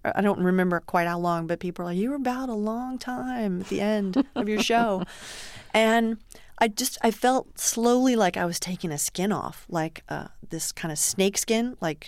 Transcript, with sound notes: I don't remember quite how long, but people were like, you were bowed a long time at the end...
(Laughter).
...Of your show. And I just - I felt slowly like I was taking a skin off, like this kind of snakeskin.